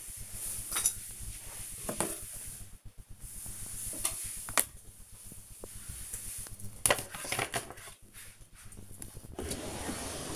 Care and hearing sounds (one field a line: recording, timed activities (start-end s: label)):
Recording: household activities, microphone on the right wrist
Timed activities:
0.00-7.95 s: tidy up the cupboard
8.97-10.36 s: tidy up the cupboard